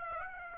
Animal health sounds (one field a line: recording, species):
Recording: mosquito wingbeat signal from an infrared sensor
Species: Aedes aegypti